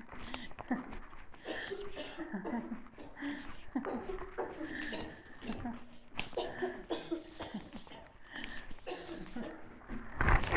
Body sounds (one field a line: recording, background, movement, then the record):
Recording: laughter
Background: a bystander coughing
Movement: walking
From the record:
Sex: female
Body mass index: 25.5 kg/m2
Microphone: on the chest, facing the body